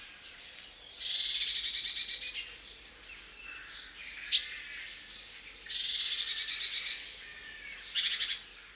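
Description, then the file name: Great tit churr calls: two long, buzzy, rapidly pulsed rattles separated by two sharp, loud clicks, with a brief harsh note near the end. "Parus major"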